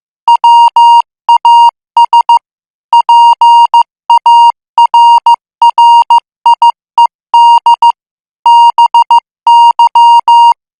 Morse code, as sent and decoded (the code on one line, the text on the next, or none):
.-- .- ... / .--. .- .-. .-. .. . -.. / -... -.--
WAS PARRIED BY